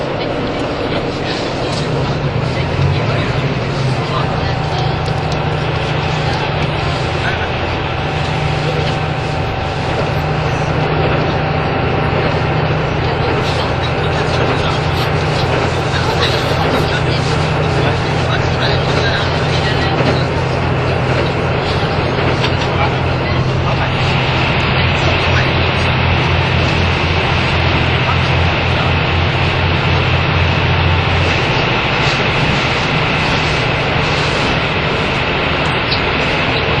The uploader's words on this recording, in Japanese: キハ85系 ひだ01号01 名古屋～(飛騨金山)。2007年当時最速のスジとなる”ひだ01号”を収録したものです。走行音(音の旅) 1021,キハ85系 ひだ01号。名古屋～富山。